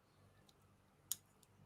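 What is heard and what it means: A plastic beam saber hilt is pressed into its storage slot in the leg of an MG Crossbone Gundam X-1 Full Cloth plastic model kit. Faint ticks come at 0.5 s and 1.4 s, with one sharp snap at 1.1 s as the hilt pops in and seats.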